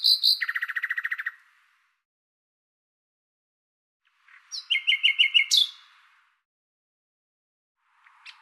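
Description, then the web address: Common nightingale song with a rapid low rattle, a pause, then a phrase of repeated sharp notes ending in a quick upward flourish. "Deverinetal 2025"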